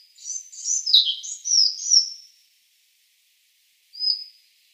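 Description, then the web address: Collared flycatcher delivering a squeaky, jumbled high phrase of chirps and slurred whistles, followed after a pause by one short thin note. "Schulze Peter Collared Flycatcher song"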